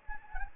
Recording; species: mosquito wingbeat signal from an infrared sensor; Anopheles gambiae